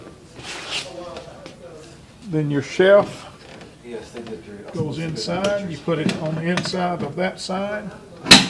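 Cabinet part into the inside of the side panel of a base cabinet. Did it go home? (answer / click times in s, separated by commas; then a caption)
yes / 8.3 s. Someone talks while a part of a Meade's Value Line base cabinet is placed on the inside of the cabinet's side panel and pushed in. A single sharp, loud snap is heard at 8.3 s as the part seats in place.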